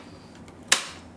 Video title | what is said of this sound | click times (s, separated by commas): Master Pilates Trainer, Daniel forms high protein recipes with a sexy smile with the Ninja Creami! | until you hear the click and then you turn it on so you can actually select | 0.7 s